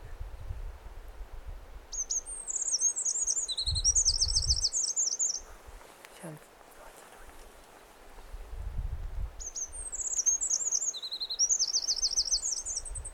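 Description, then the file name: Eurasian wren giving two bursts of song, each a quick cascade of piercing trills and twittering notes, separated by a pause, with low rumbling underneath. "Troglodytes troglodytes"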